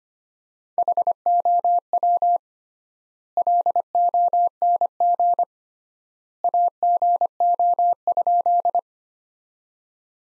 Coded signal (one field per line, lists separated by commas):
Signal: Morse code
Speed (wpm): 25 wpm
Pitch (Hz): 700 Hz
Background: none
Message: HOW LONG AGO?